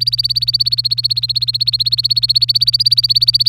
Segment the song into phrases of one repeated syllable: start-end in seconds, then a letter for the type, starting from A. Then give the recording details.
0.00-3.49 A. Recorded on 24 April 2018 at 18:14. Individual llb3